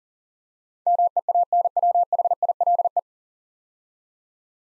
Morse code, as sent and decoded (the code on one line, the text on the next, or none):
-- . .- -. .-- .... .. .-.. .
MEANWHILE